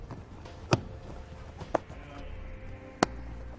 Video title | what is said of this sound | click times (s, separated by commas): etrailer - Husky WeatherBeater Front and Rear Floor Liners Review - 2018 Chevrolet Silverado 1500 | line up our anchor points and then push down to get in a snap in place there | 0.7 s, 1.8 s, 3.0 s